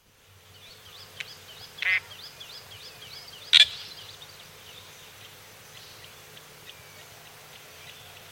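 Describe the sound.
Crested drongo giving two rasping, metallic notes in quick succession, under a lively chorus of repeated high, rising chirps.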